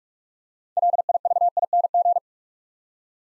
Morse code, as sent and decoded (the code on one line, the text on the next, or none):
.-.. .. ...- .. -. --.
LIVING